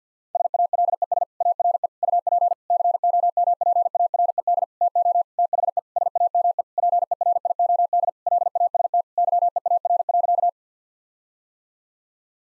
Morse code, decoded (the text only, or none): SALES ARE UP COMPARED TO THE SAME PERIOD LAST YEAR.